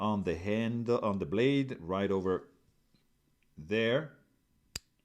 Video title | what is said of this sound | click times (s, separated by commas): Protech Malibu DLC Wharncliffe Pocketknife. Fablades Full Review | it just snaps in place when you uh deploy it and it just locks right there | 4.8 s